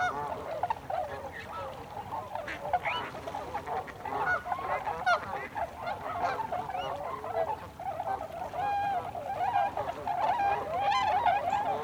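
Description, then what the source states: Tundra swans giving a long, unbroken chorus of overlapping hoots and yelps from many birds, with some clearer drawn-out notes in the latter part. Several tundra swans recorded together on 26 December 2020.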